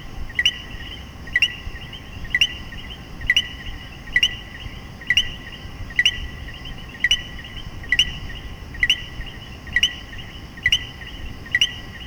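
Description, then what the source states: Common coquí calling, a clipped rising two-note chirp roughly once a second, set against a continuous shimmering background chorus of more callers. Several coquíes calling together in Puerto Rico.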